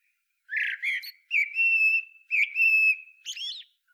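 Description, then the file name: Eurasian blackbird giving a rough note followed by two long, steady, thin whistled tones and a short burst of squeaky chips. "Turdus merula"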